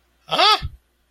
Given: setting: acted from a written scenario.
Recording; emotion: vocal sound without words; positive surprise